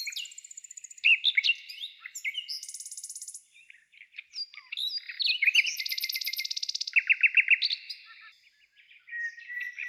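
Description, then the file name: Nightingale song of varied phrases: high whistles, a dry buzzing rattle, rich chattering trills and a brief silence before the next phrase begins. "solovei"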